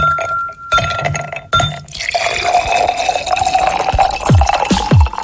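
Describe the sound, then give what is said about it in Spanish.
Ice cubes clink sharply against glass, then a steady stream of Mr. T drink is poured into a glass full of ice with a bright, fizzy hiss, ending with a couple of gurgling, descending bubbles. No one speaks. “Escuchar cómo servimos un Mr. T en un vaso lleno de hielos no te refresca.”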